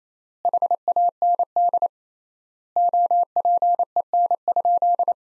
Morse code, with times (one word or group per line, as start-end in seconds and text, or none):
0.5-1.9 HAND
2.8-5.1 OPEN?